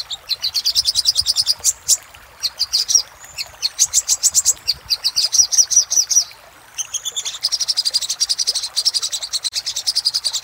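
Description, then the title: Little spiderhunter song: repeated rapid bursts of high, piercing chip notes, one with a brief whistle, separated by short silences. Master recording for training cage birds; local name sogok ontong, labaik type. "Masteran Burung Sogok Ontong Labaik"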